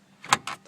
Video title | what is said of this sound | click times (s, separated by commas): Pontiac Vibe 2009 AWD - Disable Daytime Running Lights/Toggle Switch Install | then push till it clicks how freaking easy is that | 0.3 s